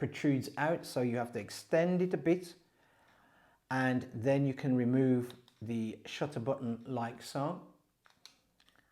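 Someone talks while handling the detachable Bluetooth shutter remote on the UPSTONE selfie stick tripod, extending the protruding mount and removing the button from its slot on the stick handle. Near the end, a few faint short ticks are heard at about 8.1, 8.3, 8.6 and 8.7 seconds. The remote has not yet been pushed back into its plastic holder, and nothing has seated or clicked yet.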